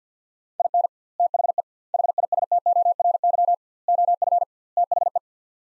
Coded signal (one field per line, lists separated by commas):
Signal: Morse code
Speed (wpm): 50 wpm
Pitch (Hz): 700 Hz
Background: none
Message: IN THE HISTORY OF THE